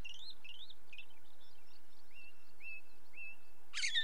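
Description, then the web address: Ring ouzel song: brief thin warbling, then three clear piping notes repeated about every half second, ending with a short harsh burst, over low rumbling background noise. Song recorded in the British Isles. "Sound Effects Library (British Birds) Ring Ouzel song, with song of second bird, red grouse and cuckoo in background"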